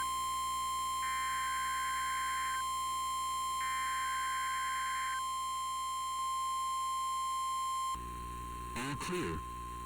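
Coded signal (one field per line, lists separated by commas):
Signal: Emergency Alert System (SAME) tones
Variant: 1050 Hz attention tone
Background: speech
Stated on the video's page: Fictional scenario using valid EAS tones.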